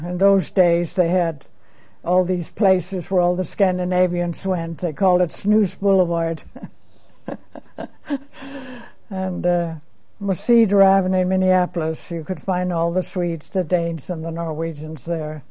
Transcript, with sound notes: In those days they had all these places where all the Scandinavians went. They called it, Snus Boulevard. ( she laughs ) And Masie Drive near Minneapolis,you could find all the Swedes, the Danes, and the Norwegians there.